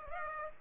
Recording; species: mosquito wingbeat signal from an infrared sensor; Aedes aegypti